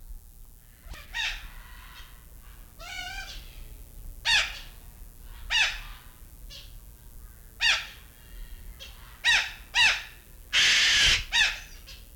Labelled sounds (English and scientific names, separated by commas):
Long-billed Corella (Cacatua tenuirostris) call